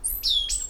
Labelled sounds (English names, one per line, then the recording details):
Stitchbird song
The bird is a male
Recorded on Tiritiri Matangi Island, New Zealand, in 2005
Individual 10, of nest box 12